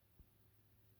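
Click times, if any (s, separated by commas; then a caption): none. A plastic ramp piece on the leg and foot of a plastic transforming figure is handled and brought up toward its locking position. A steady low hum runs throughout, with a brief soft low thump around 0.2 s. The piece has not seated or clicked into place yet.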